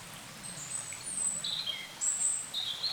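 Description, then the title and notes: Birds calling with very high, thin whistled notes and short chirps, several in quick succession, over a soft hiss. Wild birds in forest along a small branch of the Dordogne at the exit of Carennac, France; recorded with a Zoom H5 and XYH-5 microphone. "Carennac - Oiseaux de la Dordogne. Oiseaux Loire forêt Carennac. A la sortie de Carennac, le long d'un petit bras de la Dordogne, les oiseaux dans la forêt Zoom H5 + XYH-5"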